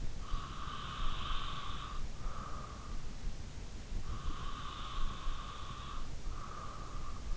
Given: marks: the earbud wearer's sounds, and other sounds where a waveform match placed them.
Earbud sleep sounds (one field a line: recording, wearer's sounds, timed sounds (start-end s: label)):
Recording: sounds in sleep by an in-ear microphone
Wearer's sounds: breath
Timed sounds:
0.32-2.89 s: breath
3.95-7.37 s: breath